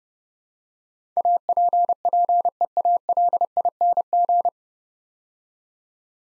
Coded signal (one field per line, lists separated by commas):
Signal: Morse code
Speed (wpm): 28 wpm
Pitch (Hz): 700 Hz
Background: none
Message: APPEALING